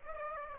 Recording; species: mosquito wingbeat signal from an infrared sensor; Aedes aegypti